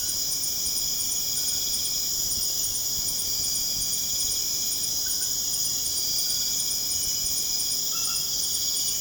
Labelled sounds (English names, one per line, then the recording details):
none
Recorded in pastures near Puerto Asís, Putumayo, Colombia, on 22 June 2025 at 22:00
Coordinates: 0.496, -76.326
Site GP01